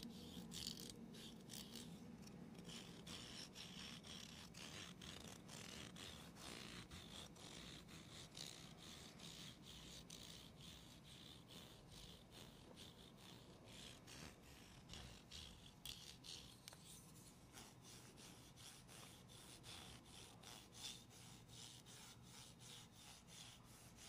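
Gentle scratching and tapping run continuously for the whole stretch, a dense, rasping rub with many quick, irregular strokes. The texture stays fairly even and bright, with slightly sharper clusters of taps around the middle and near the end, and a soft low hum underneath.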